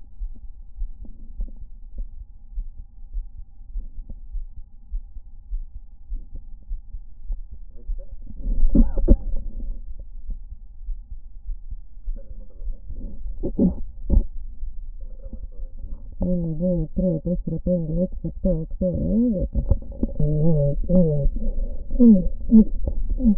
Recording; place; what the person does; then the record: lung sounds by stethoscope; right anterior apical chest; quiet breathing, then cough and speech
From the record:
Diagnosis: interstitial lung disease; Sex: female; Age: 70 years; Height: 160 cm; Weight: 93 kg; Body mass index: 36.3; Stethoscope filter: diaphragm mode